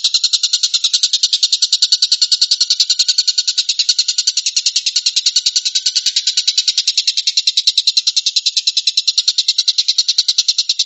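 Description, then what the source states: Stork-billed kingfisher calling in a continuous rapid rattle, harsh pulses coming in an even stream with nothing else heard. Tembakan, a rapid "shooting" call style.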